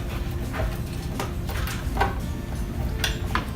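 An intake tube assembly is pushed into the plastic housing of an AquaClear hang-on aquarium filter, with soft handling noises and scrapes along the way. It snaps home with sharp plastic clicks at 3.0 s and 3.4 s, seating firmly in place.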